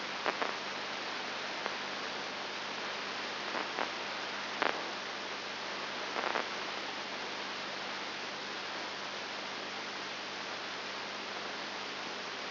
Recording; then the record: brain microelectrode recording played as sound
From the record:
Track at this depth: outside the subthalamic nucleus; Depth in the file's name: 6.3 mm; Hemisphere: left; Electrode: 2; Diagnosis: Parkinson's disease